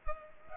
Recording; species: mosquito wingbeat signal from an infrared sensor; Culex pipiens